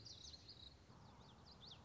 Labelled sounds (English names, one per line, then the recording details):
Common Yellowthroat
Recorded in Sonoma County, California